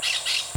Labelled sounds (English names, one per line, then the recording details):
Brown-throated Parakeet contact call
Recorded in Venezuela
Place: Maracay, UCV-Agronomy campus
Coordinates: 10.278, -67.607